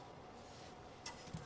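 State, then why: Partly seated. A plastic LEGO brick piece is pressed onto a brick assembly for the 2025 Family Christmas Tree set 41843. Only a faint click is heard at 1.1 seconds over a steady low background hum. The piece is not fully seated; it is not in all the way.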